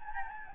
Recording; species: mosquito wingbeat signal from an infrared sensor; Anopheles gambiae